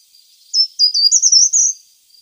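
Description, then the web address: Short-toed treecreeper song: a brief phrase of high, thin notes, several short separate notes running into a quick rising, wavering trill at the end. "Schulze Peter Short-toed Treecreeper song"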